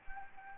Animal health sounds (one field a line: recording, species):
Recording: mosquito wingbeat signal from an infrared sensor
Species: Anopheles gambiae